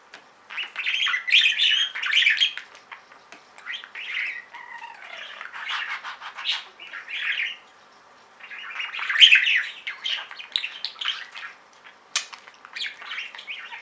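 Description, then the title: Budgerigar warbling chatter in dense scratchy bursts, with one short descending whistle near the middle and sharp clicks between phrases. "Budgie Sounds"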